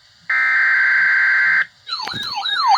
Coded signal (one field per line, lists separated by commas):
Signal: Emergency Alert System (SAME) tones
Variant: header bursts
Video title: EAS #40 Severe Thunderstorm Warning